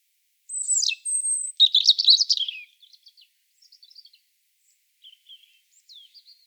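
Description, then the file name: European robin song opening with a high drawn-out whistle that drops, followed by a fast jumbled warbling phrase and softer trailing twitters. "Erithacus rubecula"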